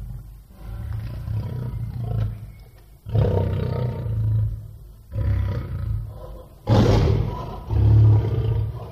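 Lion roaring in a series of deep, rumbling bursts with only brief pauses between, ending with two louder, heavier roars.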